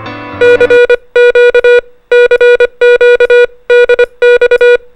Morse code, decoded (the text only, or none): CQ CQ DX